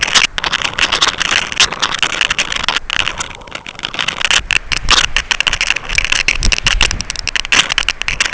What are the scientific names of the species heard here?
none